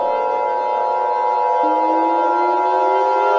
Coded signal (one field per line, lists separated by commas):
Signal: Emergency Alert System (SAME) tones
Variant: 853 and 960 Hz attention tone